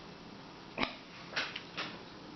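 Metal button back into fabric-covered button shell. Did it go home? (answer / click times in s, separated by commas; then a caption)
no / none. A plastic pusher is pressed down on a fabric-covered button shell to snap the metal back plate in, making a short sharp tap near 0.8 s and two softer scraping presses around 1.4 s and 1.8 s over low background noise. The metal back has not clicked into the covered button yet.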